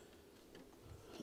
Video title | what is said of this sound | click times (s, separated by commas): Ford Mondeo Fuel Pipe Replacement | I'm going to listen for the click. That was the click, and | 0.6 s